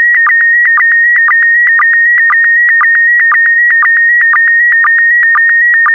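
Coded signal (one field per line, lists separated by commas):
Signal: SSTV (slow-scan television)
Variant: PD120 mode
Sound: steady warbling whistle near 1.9 kHz with rhythmic clicks and a low blip every half second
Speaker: Get ready. Starting transmission in 5, 4, 3, 2, 1. Transmission complete.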